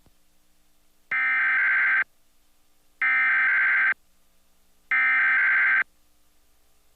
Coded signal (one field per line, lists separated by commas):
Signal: Emergency Alert System (SAME) tones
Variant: header bursts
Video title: PBS Kids Program Break (2005 WNED) with EAS Required Weekly Test